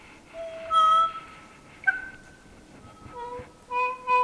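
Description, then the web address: Kokako song, a slow series of long, pure, flute-like notes shifting between pitches, with short pauses between phrases. "sound kōkako. دانلود-صدای-پرنده-کوکاکو"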